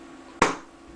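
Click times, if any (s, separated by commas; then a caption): 0.4 s. A floor plate pushed onto a steel Tokarev pistol magazine body is seated by giving the magazine a knock. A single sharp impact at 0.4 s rises sharply above the quiet background and decays within about a quarter second. The floor plate snaps home and is seated.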